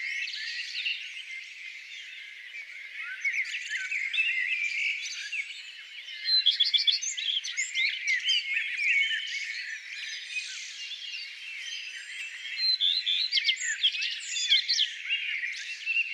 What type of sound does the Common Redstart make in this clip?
song